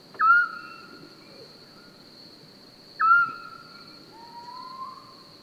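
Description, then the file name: Eurasian scops owl giving short, clear whistled notes that drop slightly in pitch, twice about three seconds apart, then a fainter rising whistle, over a steady high-pitched background tone. Recorded 27 May 2021 at 22:45 in Francheville. "Hibou-petit-duc 20210527 2245 Francheville"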